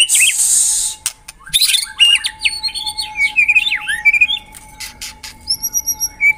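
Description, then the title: White-rumped shama song opening with a harsh hiss, then looping whistled phrases, twangy notes and a series of short high repeated chips. Lure song used to attract birds. "Pikat Murai Batu Durasi Panjang"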